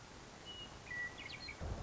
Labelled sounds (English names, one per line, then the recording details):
Western Meadowlark
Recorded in Sonoma County, California